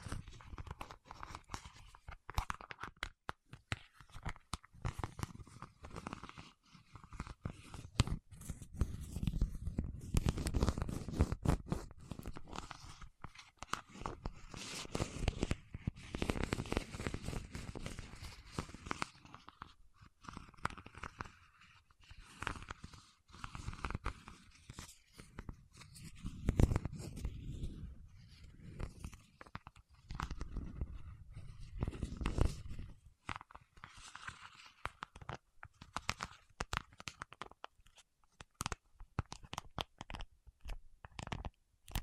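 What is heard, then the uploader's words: Waxy fingertips rub and pick, making dense, irregular crackles, crunches and soft tearing sounds that swell in heavier bursts around 10, 16 and 27 seconds. ASMR with Wax Fingertips for Sleep (No Talking).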